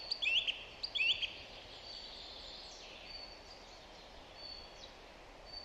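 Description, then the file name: Song thrush song: a curling whistled phrase repeated twice about a second apart, followed by faint bird calls. "Zanglijster Turdus philomelos"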